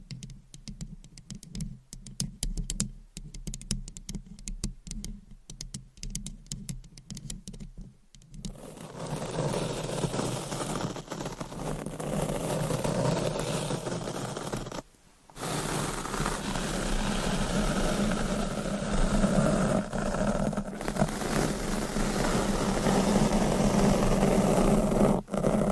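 Scratching and tapping on a microphone: the first eight seconds bring quick, dry taps and scrapes over a low hum. After that a denser, steady rubbing, brushing and massaging, fills in, broken by a brief dropout near fifteen seconds and a sharp knock near twenty-five.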